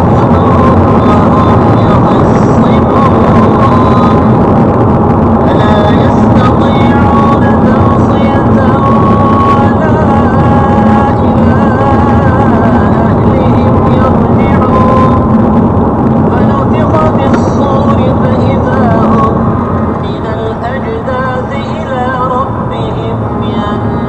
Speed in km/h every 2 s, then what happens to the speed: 98, 93, 88, 87, 84, 82, 81, 78, 75, 71, 68, 70.
0-19 slows to 68.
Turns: none.